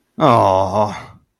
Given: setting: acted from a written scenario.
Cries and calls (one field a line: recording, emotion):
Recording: vocal sound without words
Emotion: disappointment